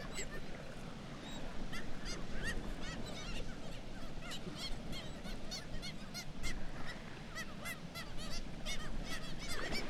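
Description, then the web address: Black-legged kittiwakes give a busy chorus of short, rising-and-falling nasal cries throughout, above a constant deep rumble. "sound Black-legged-kittiwake. صدای-پرنده-کاکایی-پاسیاه"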